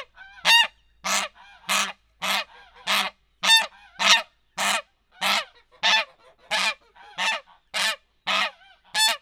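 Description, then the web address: Domestic goose honking: loud, harsh honks repeated steadily, about one every half second to second, with quieter notes between. In a farmyard. "allathangok parasztudvar hazilud liba liba"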